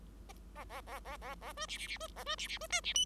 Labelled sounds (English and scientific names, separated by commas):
Bengalese Finch (Lonchura striata domestica) song